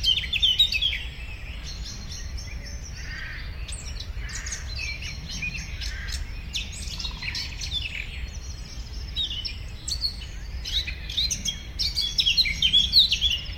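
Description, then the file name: Eurasian blackcap song: a loud warbled burst opens, softer mixed twittering follows, and a clear fluty warble returns toward the end. "Sylvia atricapilla"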